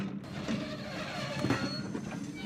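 A train rolls steadily along the tracks on a Sunday in summery weather, a continuous mid-level rumble with faint rattling and a thin tonal whine running through it, no voices.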